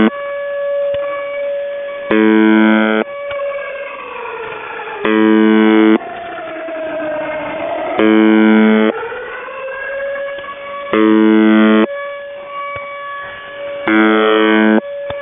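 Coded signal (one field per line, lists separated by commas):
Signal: channel marker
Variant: UVB-76 (The Buzzer)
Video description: Russian Buzzer UVB-76 seen with active air-raid siren audio jamming.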